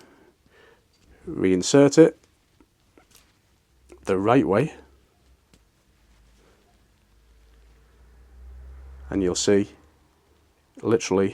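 A crimped terminal pin is oriented and lined up the right way at an Alfa Romeo V6 fuel injector connector housing before being pushed home, while someone talks. Only faint, brief ticks are heard between the bursts of speech. The pin has not seated or clicked yet.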